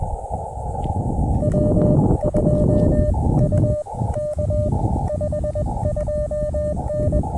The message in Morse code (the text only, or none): W2UK 52N